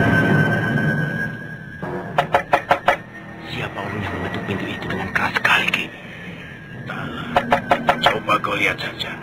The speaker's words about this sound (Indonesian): Siapa orang yang mengetuk-ketuk pintu itu, Ki?